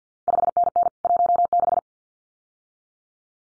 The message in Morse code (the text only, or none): 5NN 16